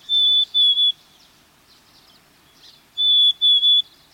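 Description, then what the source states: Black-capped Chickadee song: pure whistled notes, a longer note followed by two shorter ones, repeated twice about three seconds apart over faint background hiss. Plaintive, whistled song.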